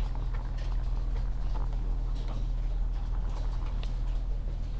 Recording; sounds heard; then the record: poultry house recording; sick chickens (respiratory disease)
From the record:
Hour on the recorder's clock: 17